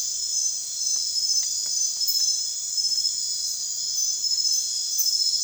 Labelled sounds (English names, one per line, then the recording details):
none
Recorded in secondary vegetation near Puerto Asís, Putumayo, Colombia, on 30 June 2025 at 01:30
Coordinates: 0.498, -76.327
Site GP09